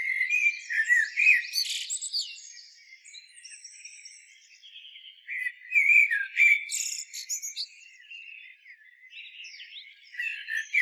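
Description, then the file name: Common blackbird song: fluty warbling phrases with scratchy high flourishes, repeated a few times with quieter notes between them. "Turdus merula"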